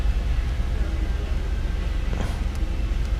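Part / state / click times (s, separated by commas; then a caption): color-coded wiring connectors into steering wheel/airbag harness sockets / not seated / none. Color-coded wiring connectors are handled and lined up to be pushed into their plastic mating connectors in the steering wheel/airbag harness sockets while installing a Civic Type-R steering wheel. A steady low rumble fills the clip, with faint handling rustles, a brief broadband scrape around 2.2 s, and light ticks near 2.6 s and 3.1 s. Nothing has seated or clicked yet.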